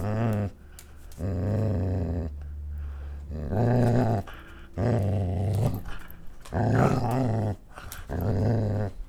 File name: strongbot dog growl